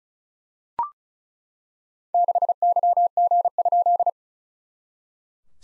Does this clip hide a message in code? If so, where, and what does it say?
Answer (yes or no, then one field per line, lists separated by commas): yes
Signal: Morse code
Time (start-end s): 2.1-4.1 s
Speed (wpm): 33 wpm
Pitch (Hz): 700 Hz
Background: none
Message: 6YG?